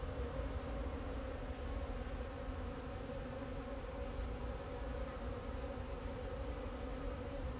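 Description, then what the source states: Bees hum steadily, a dense drone of overlapping buzzing tones, backed by a deep low rumble. Bees flying around the recordist in Jacques Brelpark, Kersbeeklaan, Vorst, Belgium; train in the background; recorded binaurally with a Sennheiser Ambeo binaural headset.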